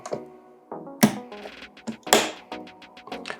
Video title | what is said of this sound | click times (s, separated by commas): JE MONTE UN PC GAMING à 3500€ ! | il faut bien entendre les deux clics pour être sûr que ça soit bien clipsé donc et bien | 1.0 s, 2.1 s